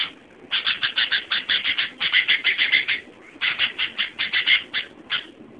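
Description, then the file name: Sooty-headed bulbul chattering song, rapid harsh notes grouped in two main runs with a short break between them. "suara burung kutilang"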